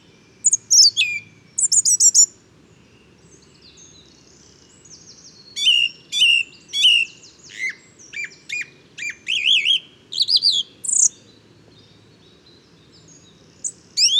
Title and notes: Première mélodie de printemps. 12 février 2019-Bois de chateau serein. Grive musicienne (Turdus philomelos). Troglodyte mignon (Troglodytes troglodytes)